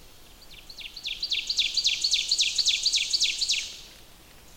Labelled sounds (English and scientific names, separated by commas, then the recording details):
Ovenbird (Seiurus aurocapilla) song
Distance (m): 5 m
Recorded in boreal forest in Alberta, Canada, on 20 June 2016 at 05:46
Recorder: SongMeter 3, array SBT-6-81
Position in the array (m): 121 m, 120 m
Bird 23